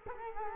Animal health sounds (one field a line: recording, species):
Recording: mosquito wingbeat signal from an infrared sensor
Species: Culex quinquefasciatus